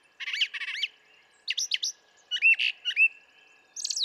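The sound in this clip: Brown thrasher singing quick phrases of chirps and slurred whistles, several of them doubled, changing pattern every second or so.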